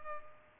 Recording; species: mosquito wingbeat signal from an infrared sensor; Culex pipiens